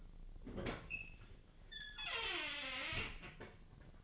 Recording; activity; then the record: daily activity, microphone in the room; open fridge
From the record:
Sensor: 4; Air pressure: 1010.5 hPa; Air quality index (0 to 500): 177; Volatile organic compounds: 5 ppm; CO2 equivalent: 1799 ppm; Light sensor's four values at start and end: 32/95/37/37 and 27/82/32/32